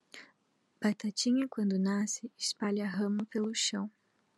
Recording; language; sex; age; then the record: short text; Brazilian Portuguese; female; 20 to 29 years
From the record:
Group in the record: control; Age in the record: 21 years